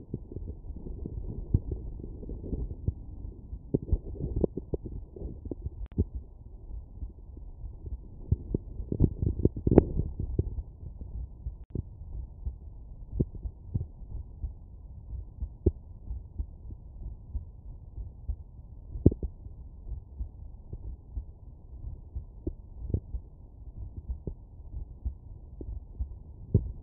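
Muffled, low thumps of a heartbeat heard through a medical stethoscope over a steady low hum, with scrapes and rubbing noise. The beat is not sharply regular and no clear rate can be counted.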